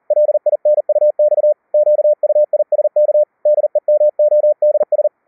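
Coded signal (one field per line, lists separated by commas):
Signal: Morse code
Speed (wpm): 40 wpm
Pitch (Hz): 600 Hz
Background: none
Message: LINUX QUISK DEMODS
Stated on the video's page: CW generated by software keyboard senders at 5 kHz, carried between two QUISK SDRs over IP and demodulated to normal pitch tones.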